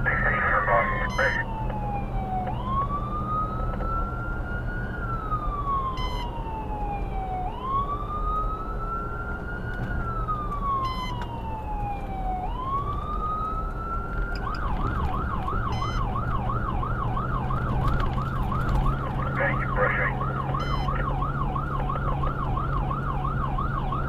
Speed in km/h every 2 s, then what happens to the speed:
87, 87, 87, 82, 82, 82, 81, 79, 81, 82, 85, 89.
0-15 steady at about 82. 15-24 speeds up to 89.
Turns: none.